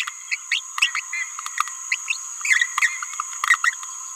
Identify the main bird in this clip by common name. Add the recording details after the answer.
Green-rumped Parrotlet. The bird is a male. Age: 27 days. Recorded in a nest box in Venezuela. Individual 17B31A2